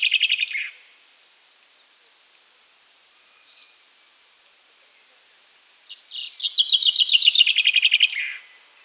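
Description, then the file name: Common chaffinch song: the tail of one phrase opens the recording, then after several quiet seconds a complete descending trill with an emphatic ending flourish. "Fringilla coelebs"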